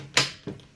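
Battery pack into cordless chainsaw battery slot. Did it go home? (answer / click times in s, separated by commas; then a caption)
yes / 0.2 s. A rechargeable battery pack is slid drawer-style into a cordless chainsaw's battery slot, then pushed once more until it latches, giving a sharp, bright click at 0.2 s. A fainter, duller knock follows around 0.5 s. The battery is seated and locked in place so it won't come out.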